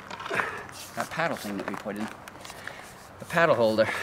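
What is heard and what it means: Someone talks while handling a kayak paddle near the plastic paddle holder clip on an Old Town Loon 120 kayak, with a few faint knocks and taps heard around 0.7, 1.0, 2.5 and 2.7 seconds. The paddle has not yet been pressed into the clip, and nothing has seated or clicked yet.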